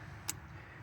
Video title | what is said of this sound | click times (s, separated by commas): Installing Amazon LED Headlights 82-92 Camaro | you should hear a snap there we go and then my low beam is on the top | 0.3 s